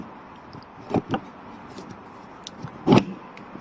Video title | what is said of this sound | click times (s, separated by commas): User Guide - Roller Team Zefiro 665 auto (2021) | push in until it clicks like this and it's firmly in place | 2.5 s